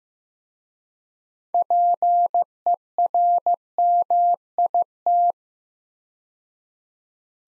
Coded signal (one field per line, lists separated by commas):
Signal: Morse code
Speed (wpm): 15 wpm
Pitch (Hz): 700 Hz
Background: none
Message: PERMIT